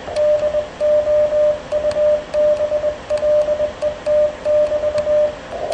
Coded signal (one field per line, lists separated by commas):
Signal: Morse code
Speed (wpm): 20 wpm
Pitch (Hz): 600 Hz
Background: radio noise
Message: DOUBLET<BT>